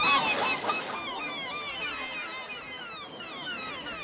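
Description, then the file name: Gulls calling, many overlapping short descending mewing cries repeated throughout, after a brief burst of louder noise at the start. "gaviotas"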